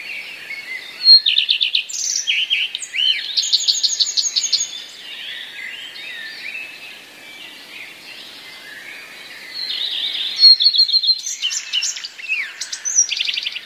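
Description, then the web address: Common redstart delivering two song bursts of fast repeated notes and varied chirps and twitters, separated by softer, subdued warbling in the middle. Common redstart song containing mimicked phrases borrowed from other passerine songbirds. "wroblowe zapozyczenia pleszka"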